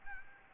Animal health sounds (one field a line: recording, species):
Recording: mosquito wingbeat signal from an infrared sensor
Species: Aedes albopictus